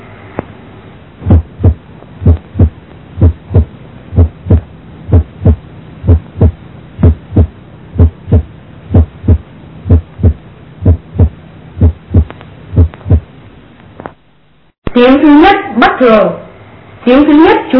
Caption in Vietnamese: Tiếng tim bình thường ở mỏm tim. Do đóng các van nhĩ thất, hai lá và ba lá, đồng thời mở van cổ chim. Nghe rõ ở mỏm tim, âm sắc trầm.